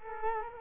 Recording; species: mosquito wingbeat signal from an infrared sensor; Culex quinquefasciatus